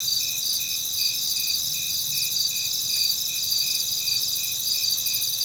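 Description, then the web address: Cricket chirping in steady regular pulses, about two and a half per second, over a dense high-pitched insect buzz and hiss. "E-MU Producer Series Vol 3 – Hollywood Sound Effects Water Insects 1 CRICKETGR"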